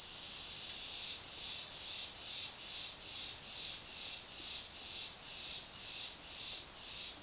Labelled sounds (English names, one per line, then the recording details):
Silvered Antbird
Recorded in dense forest near Puerto Asís, Putumayo, Colombia, on 18 February 2024 at 10:00
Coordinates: 0.502, -76.326
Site G6460